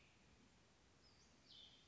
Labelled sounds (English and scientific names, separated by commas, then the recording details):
Western Flycatcher (Empidonax difficilis)
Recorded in Sonoma County, California